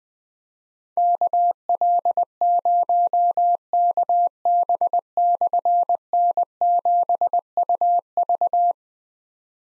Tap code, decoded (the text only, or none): none